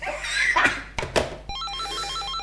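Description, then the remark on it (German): A telephone rings with a rapid warbling electronic trill that alternates between two tones and repeats steadily, following a couple of short, noisy bursts at the start. “Hören Sie, das ist Telefonterror.”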